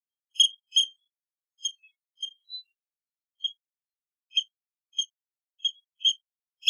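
Seabird producing scattered single high whistled notes, short and clipped, separated by gaps of up to a second, otherwise silence.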